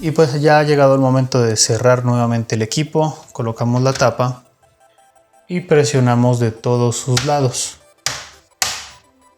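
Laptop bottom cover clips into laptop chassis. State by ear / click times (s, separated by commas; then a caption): seated / 8.1 s, 8.6 s. Someone talks as the plastic bottom cover of an HP 14-CK2000 series laptop is put back on and pressed along its edges so its clips snap into the chassis. Two sharp clicks follow at 8.1 s and 8.6 s as the clips snap in and the cover seats.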